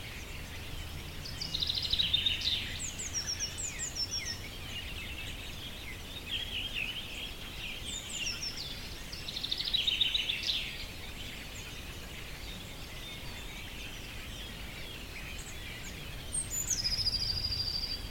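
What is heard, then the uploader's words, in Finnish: Birds sing in a spring forest by a lakeshore, with bright, twittering phrases arriving in bursts around two seconds, again near eight to ten seconds, and a thin high whistle near the end. A steady low outdoor rumble and hiss fill the background throughout. Linnun laulua keväisessä metsässä Saimaan rannalla. Huhtikuun puolessa välissä pieni metsikkö Saimaan rannalla on vielä lehdetön.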